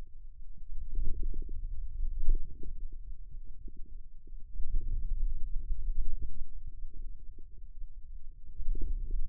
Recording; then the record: forearm muscle sounds (acoustic myography)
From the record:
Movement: finger pinch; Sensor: system 2, bracelet of six BSWA MPA416 microphones around the upper forearm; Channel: 5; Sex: male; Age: 22 years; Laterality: right